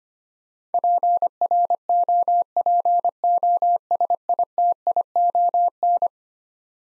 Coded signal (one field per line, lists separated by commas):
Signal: Morse code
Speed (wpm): 25 wpm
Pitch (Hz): 700 Hz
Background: none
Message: PROPOSITION